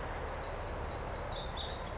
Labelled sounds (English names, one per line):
Pacific Wren